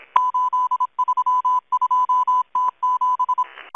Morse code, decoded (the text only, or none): 832T7